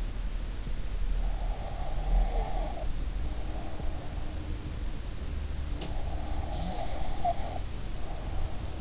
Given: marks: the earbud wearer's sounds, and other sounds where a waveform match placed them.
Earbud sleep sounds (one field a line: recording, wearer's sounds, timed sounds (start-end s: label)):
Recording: sounds in sleep by an in-ear microphone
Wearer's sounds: breath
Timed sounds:
1.31-4.10 s: breath
5.84-8.81 s: breath